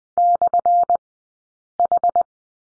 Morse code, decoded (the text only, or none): /H